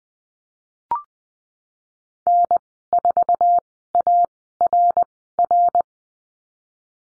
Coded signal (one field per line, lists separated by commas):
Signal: Morse code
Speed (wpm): 20 wpm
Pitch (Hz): 700 Hz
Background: none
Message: N4ARR